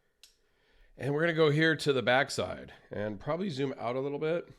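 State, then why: Seated. A folding knife is closed, and its metal blade snaps shut into the handle with one sharp click at 0.2 s. Afterward a man talks.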